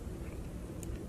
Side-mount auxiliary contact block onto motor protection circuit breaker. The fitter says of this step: like so and then gently press and it will snap into place to